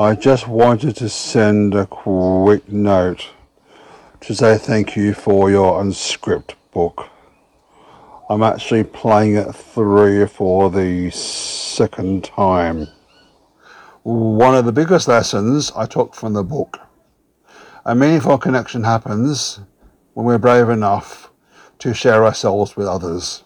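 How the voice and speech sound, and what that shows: A low-pitched adult male voice reads a deliberate, evenly paced message with long pauses between phrases. A few sounds are stretched, such as the start of "quick" and "through for the". This fits mild, largely controlled stuttering in a man who has stuttered throughout his life and recently attended a McGuire Programme course in Melbourne to work on his speech.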